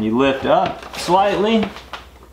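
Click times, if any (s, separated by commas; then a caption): none. A back plate is being handled on a Milwaukee FUEL M18 backpack vacuum body, with its two metal pieces slid into the plastic hook slots and the plate lifted up slightly. Someone talks, and a short sharp knock is heard near 1.9 s. Nothing has seated or locked into place yet.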